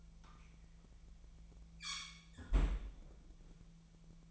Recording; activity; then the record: daily activity, microphone in the room; close fridge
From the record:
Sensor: 1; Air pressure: 1009.7 hPa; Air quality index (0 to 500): 192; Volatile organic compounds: 18 ppm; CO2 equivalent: 2632 ppm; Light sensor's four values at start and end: 32/82/34/41 and 32/82/34/41